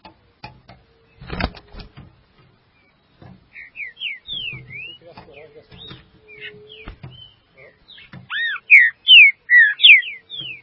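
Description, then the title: Green-winged saltator whistling softly at first amid handling knocks and rustles, then a few loud slurred, arched whistles near the end. "Trinca Ferro"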